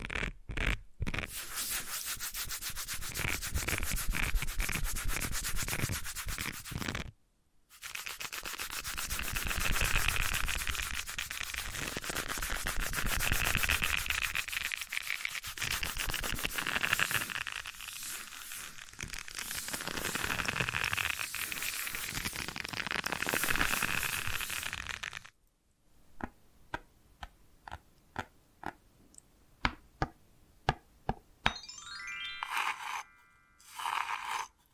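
Invisible tapping, scratching and tracing: dense, steady scratching and rubbing fill most of the first 25 seconds, broken by a brief silence near 7 seconds. After a pause around 25 seconds, sparse, sharp taps and light clicks follow at irregular intervals, with short quiet gaps between them.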